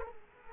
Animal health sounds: mosquito wingbeat signal from an infrared sensor; Culex quinquefasciatus

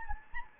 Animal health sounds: mosquito wingbeat signal from an infrared sensor; Anopheles gambiae

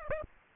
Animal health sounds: mosquito wingbeat signal from an infrared sensor; Aedes aegypti

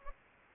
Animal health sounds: mosquito wingbeat signal from an infrared sensor; Anopheles gambiae

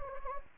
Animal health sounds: mosquito wingbeat signal from an infrared sensor; Anopheles gambiae

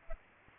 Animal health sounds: mosquito wingbeat signal from an infrared sensor; Aedes aegypti

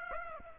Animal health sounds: mosquito wingbeat signal from an infrared sensor; Aedes aegypti

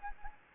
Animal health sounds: mosquito wingbeat signal from an infrared sensor; Anopheles gambiae

